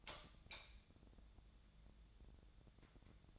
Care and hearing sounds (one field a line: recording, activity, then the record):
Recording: daily activity, microphone in the room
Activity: light on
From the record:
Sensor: 3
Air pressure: 1000.0 hPa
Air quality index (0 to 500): 123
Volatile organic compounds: 2 ppm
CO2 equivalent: 1106 ppm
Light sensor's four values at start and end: 47/117/50/56 and 49/126/54/59